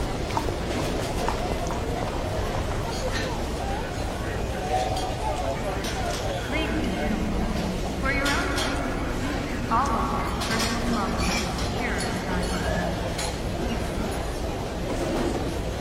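Waiting-hall ambience at Shanghai Pudong International Airport: a steady, dense murmur of many overlapping voices fills the whole clip with a low hum underneath. Scattered clinks and light clattering knocks pop out now and then, and a louder voice rises briefly around the eight and ten second marks.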